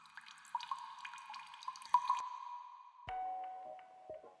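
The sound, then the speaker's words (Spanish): Water drips steadily into hundreds of buckets and cans at night in a neighborhood, many small plinks and ticks overlapping in an irregular patter with a faint ringing, hollow tone, and a brief sharper knock near the end. “Si hubieran escuchado con atención, tal vez se habrían dado cuenta de que por las noches el barrio se convertía en una cueva gigante con el incesante ruido que producían cientos de botes llenándose a cuentagotas.”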